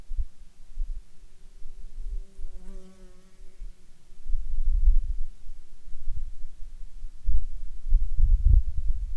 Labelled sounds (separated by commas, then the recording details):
insects
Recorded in Ivvavik National Park, Yukon, on 18 June 2019 at 21:15
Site SINP09